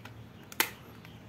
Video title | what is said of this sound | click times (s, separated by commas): Mencari dan Merakit Mainan Kereta Api Sinterklas, merakit Truk Oleng | loh tapi sepertinya ini masih belum terpasang dengan sempurna oh | 0.6 s